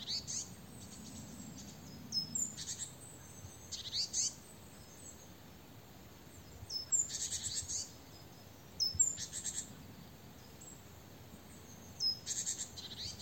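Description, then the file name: Great tit buzzy churring calls in repeated bursts, with faint high thin notes and a low background hum. "Parus major"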